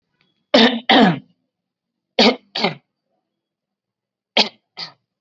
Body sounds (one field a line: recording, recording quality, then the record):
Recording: shallow voluntary cough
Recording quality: moderate, slight background noise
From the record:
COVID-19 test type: RT-PCR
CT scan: not taken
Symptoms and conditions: none ticked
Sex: male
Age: 21 years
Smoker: no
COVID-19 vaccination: both doses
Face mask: worn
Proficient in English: yes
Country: India